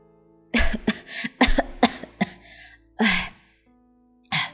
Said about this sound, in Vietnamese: … đưa tay lên miệng ho khụ khụ vài tiếng